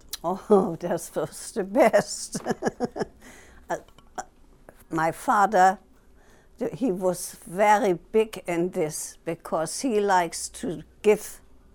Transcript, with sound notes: Oh, that was the best. [Laughs] My father, he was very big in this because he likes to give